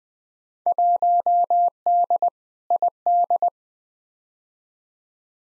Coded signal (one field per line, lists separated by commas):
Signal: Morse code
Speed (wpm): 20 wpm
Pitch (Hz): 700 Hz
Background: none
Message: 1D ID